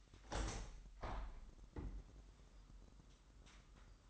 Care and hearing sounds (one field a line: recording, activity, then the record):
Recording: daily activity, microphone in the room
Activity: open window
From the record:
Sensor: 3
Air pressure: 998.5 hPa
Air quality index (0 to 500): 142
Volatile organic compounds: 5 ppm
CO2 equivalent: 1707 ppm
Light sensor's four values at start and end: 9/21/9/9 and 9/22/9/10